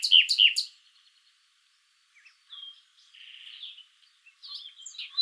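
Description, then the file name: Common nightingale singing: three loud, harsh notes at the start, then quiet gaps with softer scattered twittering and buzzy notes, and louder notes again at the end. "Luscinia megarhynchos"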